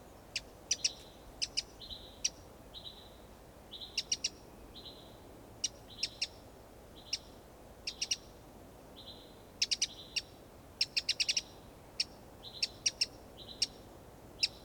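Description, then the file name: Eurasian wren giving hard, dry ticking calls, singly and in quick clusters, with thin steady high whistles in between. "Troglodytes troglodytes"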